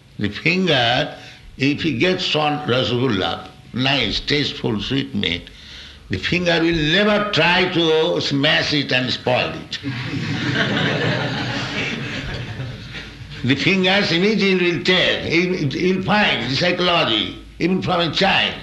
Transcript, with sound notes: The finger, if he gets one rasagullā, nice, tasteful sweetmeat, the finger will never try to smash it and spoil it. [laughter] The fingers immediately will take. You'll find. It is psychology, even for a child.